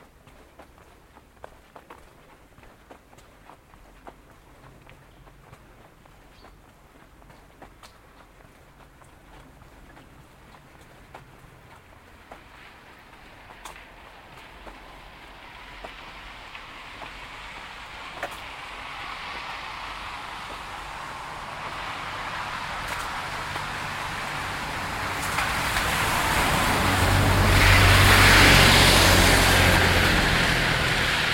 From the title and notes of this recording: Amble through Woodwell in Silverdale. Recorded using binaural headphones.